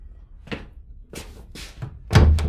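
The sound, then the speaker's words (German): A bedroom door handle rattles against the locked door: several short metallic clicks and clunks, ending in a heavier thunk as the door is pulled and holds fast. “Abgeschlossen. Richtig.”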